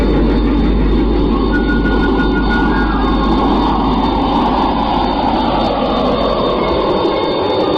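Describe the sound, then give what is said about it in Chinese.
The roar of the engines of the Y-10, a Chinese-designed large jet airliner, taking off on its first test flight in Shanghai on 26 September 1980: a loud, continuous rumbling blast with a whining tone that slowly shifts in pitch, sustained for the whole stretch with no voices. “经过10年奋战，我国自行研制的大型客机终于腾空飞上了蓝天。”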